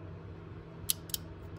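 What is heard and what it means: A click-type torque wrench tightens a new spark plug into the cylinder head of a 2014 Dodge Charger SRT over a steady low hum. A sharp click at 0.9 s shows the wrench has reached its torque setting, followed by a softer double tick at about 1.1 s.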